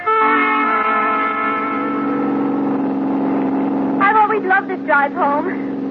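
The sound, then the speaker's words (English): A car drives home along a road with tricky turns and little traffic, its steady, droning engine hum holding an even pitch, joined near the end by a few brief wavering, voice-like tones. “Love this drive home.”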